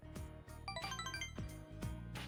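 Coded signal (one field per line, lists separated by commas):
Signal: none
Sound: a game's menu chime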